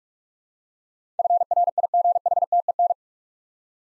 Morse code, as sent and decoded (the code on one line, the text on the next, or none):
..-. .-. .. --. .... - . -.
FRIGHTEN